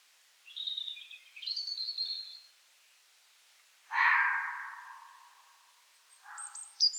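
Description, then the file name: European robin song, high wavering phrases at the start and a short high twitter at the end, with a loud harsh rasping sound between them. "Erithacus rubecula"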